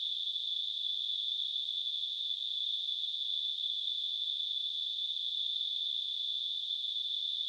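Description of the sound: A steady, unchanging high-pitched ringing tone, wrapped in a narrow band of hiss, runs without a break for the whole clip. It is a simulation of tinnitus, the constant ringing or hissing in the ears that only the affected person hears.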